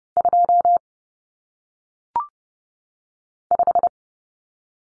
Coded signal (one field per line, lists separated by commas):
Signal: Morse code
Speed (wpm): 30 wpm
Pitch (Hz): 700 Hz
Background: none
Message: 2 5